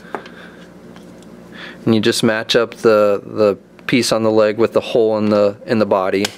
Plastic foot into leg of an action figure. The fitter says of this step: it's very simple to put together you just snap in the feet